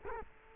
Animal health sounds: mosquito wingbeat signal from an infrared sensor; Culex quinquefasciatus

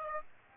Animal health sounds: mosquito wingbeat signal from an infrared sensor; Aedes aegypti

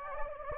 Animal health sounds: mosquito wingbeat signal from an infrared sensor; Anopheles gambiae

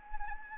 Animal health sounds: mosquito wingbeat signal from an infrared sensor; Anopheles gambiae

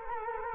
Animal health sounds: mosquito wingbeat signal from an infrared sensor; Culex quinquefasciatus

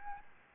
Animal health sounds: mosquito wingbeat signal from an infrared sensor; Aedes albopictus

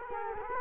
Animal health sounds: mosquito wingbeat signal from an infrared sensor; Culex quinquefasciatus

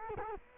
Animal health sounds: mosquito wingbeat signal from an infrared sensor; Culex quinquefasciatus

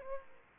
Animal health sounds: mosquito wingbeat signal from an infrared sensor; Aedes aegypti

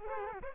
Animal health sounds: mosquito wingbeat signal from an infrared sensor; Culex quinquefasciatus

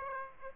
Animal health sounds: mosquito wingbeat signal from an infrared sensor; Aedes aegypti

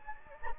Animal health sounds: mosquito wingbeat signal from an infrared sensor; Anopheles gambiae

